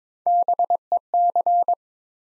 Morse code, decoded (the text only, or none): BEC